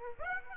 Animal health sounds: mosquito wingbeat signal from an infrared sensor; Aedes aegypti

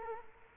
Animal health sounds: mosquito wingbeat signal from an infrared sensor; Culex quinquefasciatus

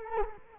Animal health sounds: mosquito wingbeat signal from an infrared sensor; Culex quinquefasciatus

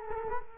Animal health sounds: mosquito wingbeat signal from an infrared sensor; Culex quinquefasciatus

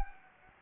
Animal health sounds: mosquito wingbeat signal from an infrared sensor; Anopheles gambiae

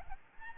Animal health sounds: mosquito wingbeat signal from an infrared sensor; Aedes albopictus

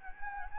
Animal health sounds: mosquito wingbeat signal from an infrared sensor; Anopheles gambiae

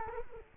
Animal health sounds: mosquito wingbeat signal from an infrared sensor; Culex quinquefasciatus

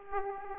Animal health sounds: mosquito wingbeat signal from an infrared sensor; Aedes aegypti

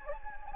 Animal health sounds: mosquito wingbeat signal from an infrared sensor; Anopheles gambiae

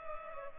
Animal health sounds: mosquito wingbeat signal from an infrared sensor; Culex pipiens

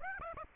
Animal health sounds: mosquito wingbeat signal from an infrared sensor; Aedes aegypti

